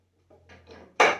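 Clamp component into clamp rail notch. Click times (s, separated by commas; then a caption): 1.0 s. A part of a four-way clamp system is pushed into its notch on the clamp rail while a glue-up is being set up. Quiet handling and sliding noises come first, then a sharp, loud click at 1.0 s as the clamp seats in the notch.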